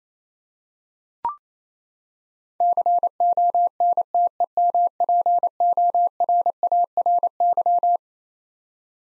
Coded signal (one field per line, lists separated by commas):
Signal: Morse code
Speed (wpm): 28 wpm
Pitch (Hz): 700 Hz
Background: none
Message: CONTEMPORARY